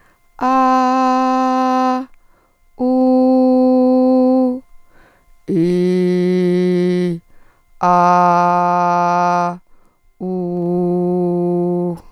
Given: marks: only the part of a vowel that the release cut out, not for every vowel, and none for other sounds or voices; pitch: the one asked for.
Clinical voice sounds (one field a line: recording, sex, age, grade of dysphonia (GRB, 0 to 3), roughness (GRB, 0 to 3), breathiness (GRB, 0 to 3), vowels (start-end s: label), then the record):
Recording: sustained vowels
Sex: female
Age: 50 to 59 years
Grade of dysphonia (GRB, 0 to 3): 0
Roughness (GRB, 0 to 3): 0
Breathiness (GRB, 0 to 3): 0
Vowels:
0.56-1.86 s: vowel /a/, high pitch
3.08-4.40 s: vowel /u/, high pitch
5.67-7.01 s: vowel /i/, low pitch
8.32-9.44 s: vowel /a/, low pitch
10.69-11.82 s: vowel /u/, low pitch
From the record:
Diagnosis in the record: functional dysphonia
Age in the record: 53 years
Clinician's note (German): Ponogen